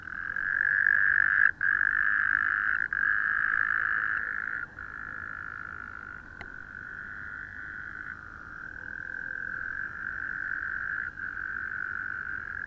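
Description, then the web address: Frogs calling in a dense, continuous chorus, a steady mid-pitched drone broken by a few brief pauses, quieter after the first few seconds. Recorded 11 January 2014. "frog rec 20140111"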